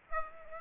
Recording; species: mosquito wingbeat signal from an infrared sensor; Aedes aegypti